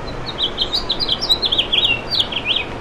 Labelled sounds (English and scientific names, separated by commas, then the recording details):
House Finch (Haemorhous mexicanus) song
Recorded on Long Island, New York, on 7 June 2011
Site MV
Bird B